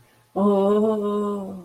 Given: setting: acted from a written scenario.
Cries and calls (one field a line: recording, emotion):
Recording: vocal sound without words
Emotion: ecstasy